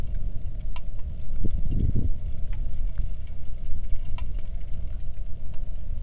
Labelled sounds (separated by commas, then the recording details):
wind, rain
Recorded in the Arctic National Wildlife Refuge, Alaska, on 3 August 2019 at 09:54
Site 46